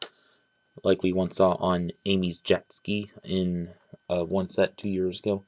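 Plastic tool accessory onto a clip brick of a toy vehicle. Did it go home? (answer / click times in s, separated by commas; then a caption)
yes / 0.0 s. A small plastic tool accessory is clipped onto a clip brick of a Lego toy vehicle, seating with a single sharp, loud click at 0.0 s. Someone then talks for the rest of the clip.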